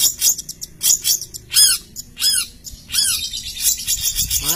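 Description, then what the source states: Long-tailed shrike song: harsh squawky notes alternating with downward-slurred whistles, in uneven phrases. Masteran recording, a collection of various songbird sounds used for training songbirds.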